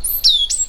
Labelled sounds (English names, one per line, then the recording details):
Stitchbird song
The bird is a male
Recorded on Tiritiri Matangi Island, New Zealand, in 2005
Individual 10, of nest box 12